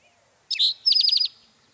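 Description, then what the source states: Spotted Towhee giving a downslurred note and then a quick series of several high trilled notes, a single brief phrase. Provided by the Macaulay Library; calls are variable and take practice to recognise.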